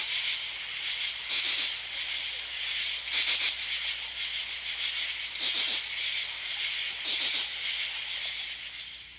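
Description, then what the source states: Crickets in a dense, steady high-pitched chorus that fades slightly at the end. Crickets chirping at night in a forest.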